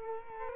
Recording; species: mosquito wingbeat signal from an infrared sensor; Culex quinquefasciatus